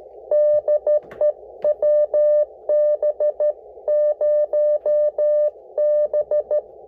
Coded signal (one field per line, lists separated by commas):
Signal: Morse code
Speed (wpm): 14 wpm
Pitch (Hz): 600 Hz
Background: none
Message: DE WB0B